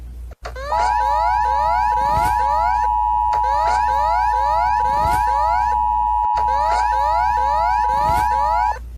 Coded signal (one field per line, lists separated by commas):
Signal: Emergency Alert System (SAME) tones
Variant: 853 and 960 Hz attention tone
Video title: ECUADOR EAS ALARM 🇪🇨 1830